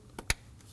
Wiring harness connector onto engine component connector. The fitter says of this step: Go ahead and slide it in. And clip it in place.